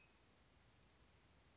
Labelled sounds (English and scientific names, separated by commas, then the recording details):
Bewick's Wren (Thryomanes bewickii)
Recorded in Sonoma County, California